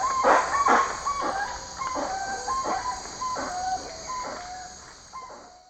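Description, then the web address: Spix's guan calling in a quick run of yelping notes, each with a brief slurred tone, repeated roughly twice per second and slowly fading, over a high insect drone. Recorded in Ecuador. "Birds of Ecuador. Spix's Guan"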